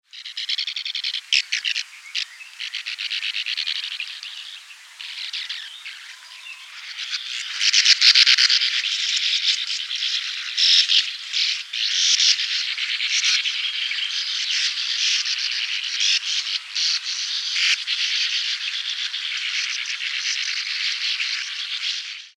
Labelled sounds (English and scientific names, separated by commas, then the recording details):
Sand Martin (Riparia riparia)
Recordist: Tembrock, Günter
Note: Flugrufe